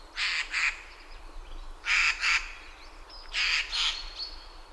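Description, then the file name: Eurasian jay calling with three pairs of raspy, scratchy screeches about every one and a half seconds. "Garrulus glandarius"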